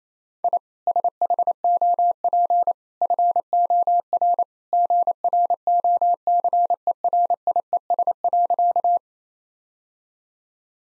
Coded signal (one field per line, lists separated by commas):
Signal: Morse code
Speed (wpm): 28 wpm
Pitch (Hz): 700 Hz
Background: none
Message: I SHOP FOR GROCERIES.